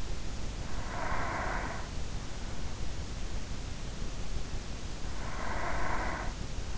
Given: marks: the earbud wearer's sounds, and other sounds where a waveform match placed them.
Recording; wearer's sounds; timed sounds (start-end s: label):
sounds in sleep by an in-ear microphone; breath
0.20-2.43 s: breath
5.22-6.78 s: breath